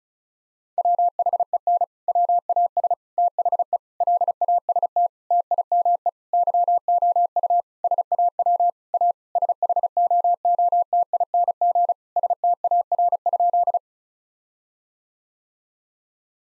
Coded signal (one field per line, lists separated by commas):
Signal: Morse code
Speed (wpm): 36 wpm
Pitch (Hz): 700 Hz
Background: none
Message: WHEN WAS THE LAST TIME YOU SAW A SHOOTING STAR?